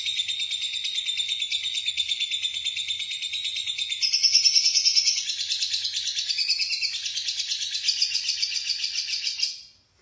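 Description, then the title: Lovebird song: a long, fast, buzzy chatter of high squeaky notes, getting louder and sharper midway, running almost ten seconds before stopping abruptly. "BM Suara Burung Lovebird"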